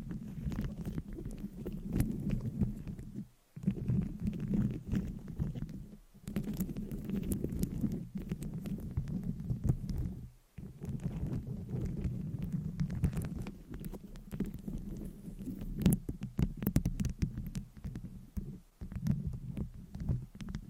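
Mic scratching runs almost without a break, a dense, rough scraping and rubbing that sits mostly low, with a thick rumbling body. Brief silent gaps fall near 3.5, 6, 10.5 and 19 seconds. Sharp crackly ticks flick through the upper range throughout.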